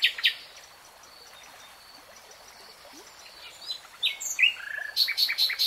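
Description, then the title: Nightingale song, fairly quiet: scattered brief notes and soft whistles after a short opening burst, ending in a run of sharp repeated notes. Three-hour real-time recording. "[Tiếng chim hót] Nightingale Singing"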